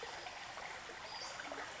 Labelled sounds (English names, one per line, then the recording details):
Western Flycatcher
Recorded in Sonoma County, California